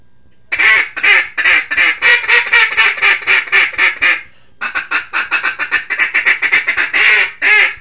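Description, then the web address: Mallard quacking loudly in a fast run of raspy calls, one pause midway before the series resumes. "Duck Mallard"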